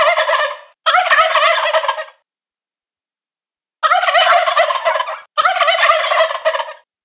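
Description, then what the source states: Turkey gobbling: four rattling, bubbling gobbles in two close pairs separated by a short silence. Male turkeys (toms), more than one.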